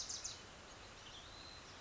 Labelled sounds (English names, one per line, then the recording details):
Western Tanager
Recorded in Sonoma County, California